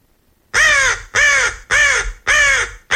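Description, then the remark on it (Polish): A corvid in a counting experiment gives four loud, harsh caws in a steady rhythm, each about half a second long and raspy, with brief silences between them and no talking. “Okazało się, że krukowate, nazywane ptakami inteligentnymi, poradziły sobie z liczeniem śpiewająco, a właściwie skrzecząco.”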